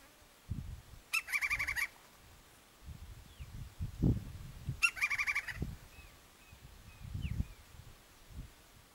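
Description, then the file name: Woodpecker giving two bursts of rapid, rasping notes about four seconds apart. Low thumps and rumbling noise are heard throughout, with faint chirps from other birds. "canto do pica pau"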